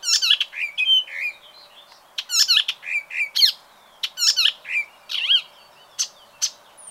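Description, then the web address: Bird calls: a busy run of high, sharp chirps and downward-sweeping notes in quick bursts, with brief pauses between groups and a faint high whistle near the end. "ornitologiya slovar Ptichki"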